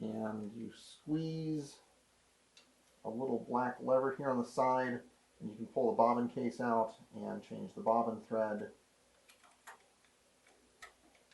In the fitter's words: it goes in and snaps in place